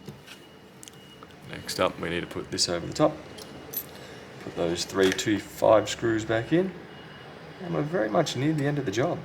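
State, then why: Seated. The battery flex connector is pressed down onto its socket on the mainboard of a Motorola G7 / G7 Play phone during a display replacement. It seats with a sharp click at 0.8 s, and then someone talks.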